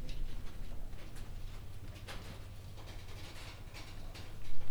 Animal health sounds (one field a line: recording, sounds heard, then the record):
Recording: poultry house recording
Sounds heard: no chicken sound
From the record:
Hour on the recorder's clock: 20